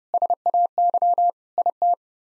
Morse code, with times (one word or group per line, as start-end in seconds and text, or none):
0.1-1.3 SAY
1.6-1.9 IT